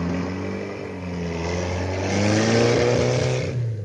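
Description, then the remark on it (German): A car engine hums steadily, then revs and rises in pitch as the car drives off through a gate and turns onto the road to Glyserup, growing louder toward the end before easing slightly. No voices. “Wir warten darauf, dass der Maler sich noch einmal zu uns umdreht, wenn er durchs Tor fährt und auf die Straße nach Glyserup einbiegt.”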